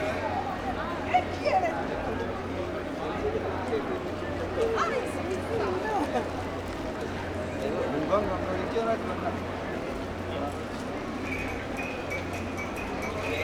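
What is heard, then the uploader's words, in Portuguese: A busy Puerta del Sol, with many overlapping voices chattering throughout, a low steady hum underneath, and occasional brief clicks and knocks. Pequeno percurso na Puerta del Sol.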